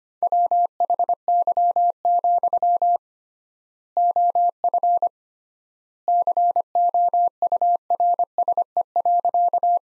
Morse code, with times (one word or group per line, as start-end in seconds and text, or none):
0.2-3.0 WHY,
4.0-5.1 OF
6.1-9.8 COURSE.